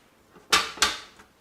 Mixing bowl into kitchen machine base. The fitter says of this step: with the lip at the back you'll hear it click into place on both